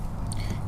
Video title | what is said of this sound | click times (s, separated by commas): Air Conditioning Recharge | what you do is you pull back the collar and snap it down you'll hear it snap now | 0.3 s